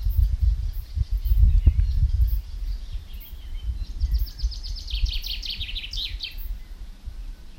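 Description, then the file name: Common chaffinch song: a bright run of quick notes cascading downward and closing in a short flourish, over a constant low rumble. "Fringilla coelebs"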